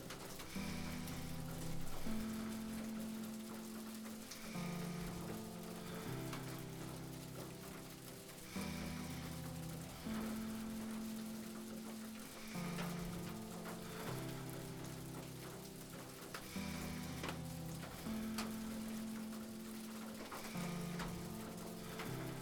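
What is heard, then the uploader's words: Rain patters steadily on a roof, a dense, even hiss that never lets up. Underneath, low sustained tones shift every couple of seconds in a pattern that repeats about every eight seconds, with occasional sharper taps scattered throughout. Rain on Roof.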